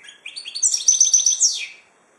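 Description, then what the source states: Finch song: one rising, rapid phrase of jangling high notes with a thin whistled line, ending abruptly and leaving silence. Labelled 'drunk'; Ilam.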